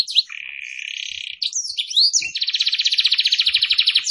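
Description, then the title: Canary song: a buzzy rolled trill, then sweeping whistled notes and a fast, even series of bright repeated notes ending in a rising whistle. Singing vigorously (gacor). "Kenari Gacor"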